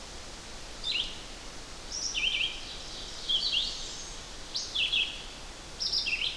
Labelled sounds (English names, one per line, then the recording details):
Red-eyed Vireo song
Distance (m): 20 m
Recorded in boreal forest in Alberta, Canada, on 8 June 2016 at 05:18
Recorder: SongMeter 3, array SBT-3-9
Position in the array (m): 98 m, 92 m